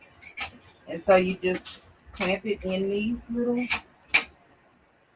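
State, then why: Seated. Someone talks while a backpack is clamped into the fast-frame hoop bracket of a Brother embroidery machine. One sharp snap is heard at 4.2 s as the clamp closes, and the clamp snaps shut and seats.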